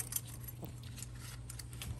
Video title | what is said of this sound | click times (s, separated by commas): Honda Pilot front brakes 2016-2022: How to replace front brake pads and front brake rotors | when we get into position it'll pop into place and now we can move over to the other side | 0.2 s